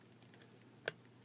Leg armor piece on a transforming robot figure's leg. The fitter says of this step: there we go ah come on Snap into place there we go